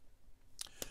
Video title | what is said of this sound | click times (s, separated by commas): Ferris Wheel Press Carousel Fountain Pen Unboxing and Review GIVEAWAY | you get a solid click and a positive seal | 0.6 s, 0.8 s